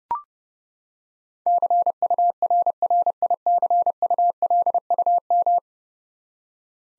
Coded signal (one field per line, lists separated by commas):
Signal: Morse code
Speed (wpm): 32 wpm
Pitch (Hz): 700 Hz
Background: none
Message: CURRICULUM